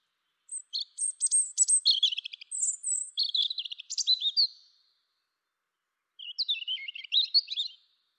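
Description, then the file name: European robin singing two varied phrases of high, sweet warbles and fast trills with a pause of about a second between them. The background is quiet. "Erithacus rubecula"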